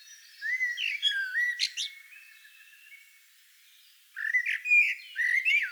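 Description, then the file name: Common blackbird singing squeaky, chattering phrases that slide up and down, one burst early on, a quiet gap, then a second burst after four seconds. "Turdus merula"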